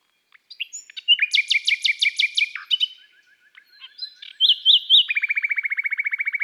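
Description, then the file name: Common nightingale singing rich, varied phrases: loud rapid trills, soft ticking notes, a few short chirps, then a fast even rattle at the end. From an album of bird songs of woods and forests. "Rossignol philomele Chants doiseaux des bois et des forets"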